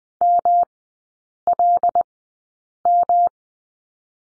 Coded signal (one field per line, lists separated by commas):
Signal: Morse code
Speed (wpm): 20 wpm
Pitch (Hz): 700 Hz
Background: none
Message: MLM